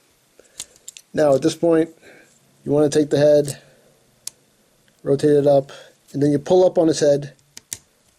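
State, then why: Seated. Someone talks while the head of a plastic transforming robot toy is rotated up and pulled up out of its torso socket. Faint handling clicks and taps sound between the words. A sharp snap at 7.7 s marks the head locking into place.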